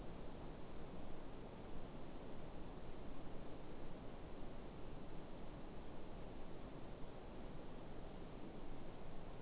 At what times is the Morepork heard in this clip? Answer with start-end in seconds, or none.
none